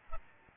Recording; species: mosquito wingbeat signal from an infrared sensor; Aedes albopictus